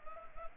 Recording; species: mosquito wingbeat signal from an infrared sensor; Anopheles gambiae